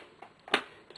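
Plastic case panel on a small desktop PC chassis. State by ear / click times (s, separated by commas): seated / 0.5 s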